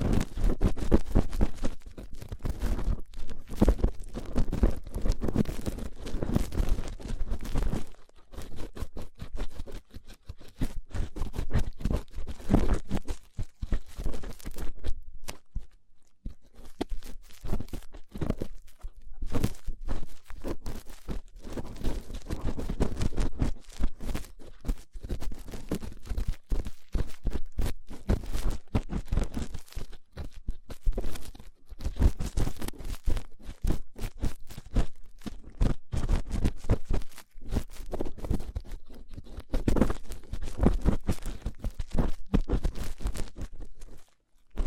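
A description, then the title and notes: Rough ear cleaning, a dense run of scratching, crunching and crackling rubs with a heavy low thump beneath. The bursts come fast and irregular throughout, with brief near-silent pauses around eight seconds and again around fifteen to sixteen seconds. ASMR Rough Ear Cleaning (No Talking).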